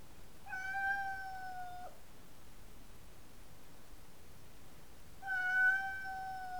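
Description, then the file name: Siberian cat uttering two long, steady, flat meows lasting over a second each, separated by several seconds of near silence. "Sibirskij Kot - Myaukane"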